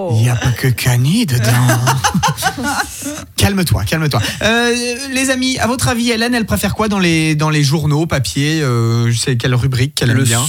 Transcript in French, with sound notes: Il n’y a pas que canidé dedans. (rires) Calme-toi, calme-toi. Les amis, à votre avis, Hélène, elle préfère quoi dans les, dans les journaux papier, c’est quelle rubrique qu’elle aime bien?